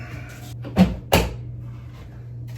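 A QUILO Home electric hand dryer is slid down by hand onto its screwed-on wall bracket until it locks and seats. A softer knock around 0.8 s is followed by a sharp, loud click at 1.1 s as it clicks into place, over a steady low hum.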